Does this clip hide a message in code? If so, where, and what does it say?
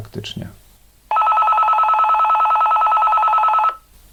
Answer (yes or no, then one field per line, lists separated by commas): no